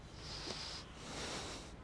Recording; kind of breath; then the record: one breath in and out by a microphone near the nose and mouth; deep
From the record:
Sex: male